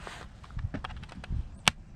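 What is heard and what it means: A second plastic retaining clip, taken from a pocket, is fitted and pushed into a Subaru WRX OEM window rain guard being installed on a 2.0i Impreza. Faint handling and rubbing sounds come first, then a sharp, loud snap at 1.7 s as the clip seats into the rain guard.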